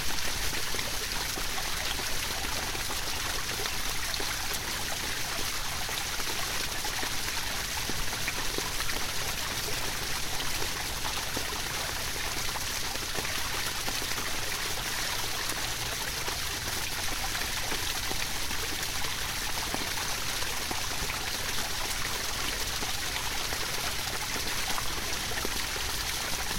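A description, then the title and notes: A large park fountain pours in a steady, dense rush of falling water that holds at an even level for the whole stretch. The hiss is bright and full, with a low rumble underneath and no distinct splashes or other sounds standing out. Large Fountain in Park.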